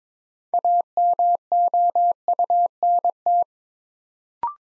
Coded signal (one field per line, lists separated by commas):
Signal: Morse code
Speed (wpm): 22 wpm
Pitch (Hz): 700 Hz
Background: none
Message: AMOUNT